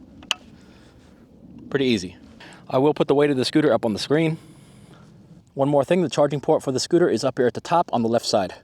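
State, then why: Seated. The folding latch on the stem of an ECOROAD ET6 electric scooter is closed while folding the scooter; the first latch goes into place automatically, and the main latch is then closed by hand. A soft hit at 0.2 s is followed by a sharp, loud metal snap at 0.3 s as the latch seats, and someone then talks. The latch is seated.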